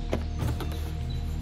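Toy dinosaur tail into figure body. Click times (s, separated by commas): 0.1 s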